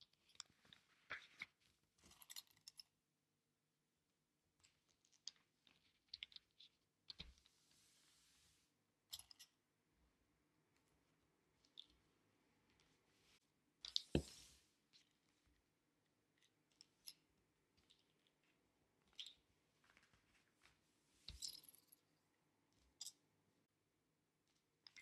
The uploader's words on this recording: ASMR pinning paper patterns to fabric.